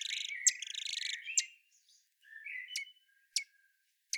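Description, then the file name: Common blackbird calls: a loud buzzy chatter over the first second and a half, a softer rising rattle, then single sharp clicking notes. "Turdus merula"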